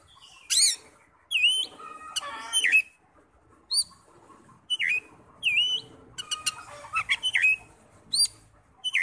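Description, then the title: Oriental magpie-robin song with loud sweeping whistles, a raspy burst and scattered sharp notes, phrases spaced by short quiet gaps. "Kacer"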